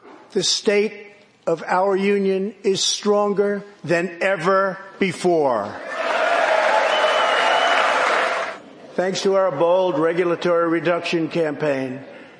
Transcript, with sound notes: The State of our Union is stronger than ever before! (CHEERS AND APPLAUSE) Thanks to our bold regulatory reduction campaign,